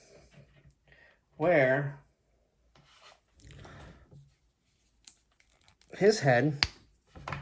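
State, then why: Released. An action figure's plastic head is pulled off its neck ball joint while someone talks. Soft rubbing and handling sounds lead to a sharp pop at 7.3 s as the head comes off the joint.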